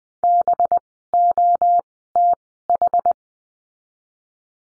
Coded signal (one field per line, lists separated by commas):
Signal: Morse code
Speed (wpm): 20 wpm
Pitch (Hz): 700 Hz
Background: none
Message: BOTH